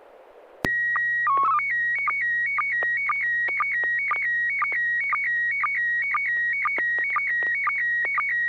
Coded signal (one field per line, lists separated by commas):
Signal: SSTV (slow-scan television)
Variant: PD 120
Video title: N6NA SSTV Net - 02/21/2024